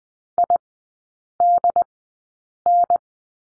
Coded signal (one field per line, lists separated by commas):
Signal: Morse code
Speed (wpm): 20 wpm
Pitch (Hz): 700 Hz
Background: none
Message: IDN